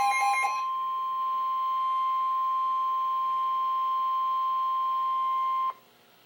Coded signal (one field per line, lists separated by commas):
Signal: Emergency Alert System (SAME) tones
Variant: 1050 Hz attention tone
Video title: Flood Warning - EAS #460